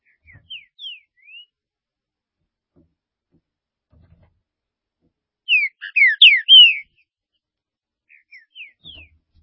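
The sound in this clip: Green-winged saltator in a quiet setting: soft slurred whistles, then a loud phrase of five or six rich downslurred notes, then soft whistles again.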